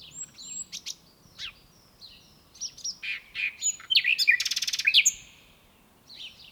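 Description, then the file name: Common nightingale song with scattered whistles and chirps building into a loud, fast pulsing trill, then tapering into quieter notes. "Luscinia megarhynchos"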